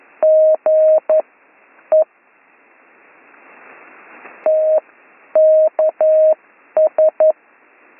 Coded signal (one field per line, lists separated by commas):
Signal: Morse code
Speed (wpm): 11 wpm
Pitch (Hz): 630 Hz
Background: none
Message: GE TKS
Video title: Slow Morse Code Course - Week 9 - Learn Morse Code